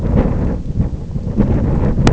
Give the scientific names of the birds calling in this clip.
none